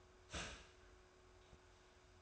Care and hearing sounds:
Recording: daily activity, microphone in the room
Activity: start toaster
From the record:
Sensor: 2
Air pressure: 1014.6 hPa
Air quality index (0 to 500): 203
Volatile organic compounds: 23 ppm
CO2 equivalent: 2779 ppm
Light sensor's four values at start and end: 3/9/3/3 and 3/9/3/3

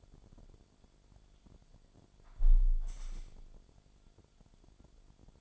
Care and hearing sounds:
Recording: daily activity, microphone in the room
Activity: close window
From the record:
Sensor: 5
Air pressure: 1006.5 hPa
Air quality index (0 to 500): 182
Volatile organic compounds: 5 ppm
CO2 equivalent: 1737 ppm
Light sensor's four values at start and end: 56/160/62/63 and 56/160/62/63

